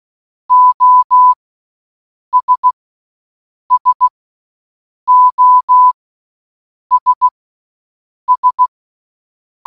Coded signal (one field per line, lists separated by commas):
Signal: Morse code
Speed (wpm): 16 wpm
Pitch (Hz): 1000 Hz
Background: none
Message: OS SOS S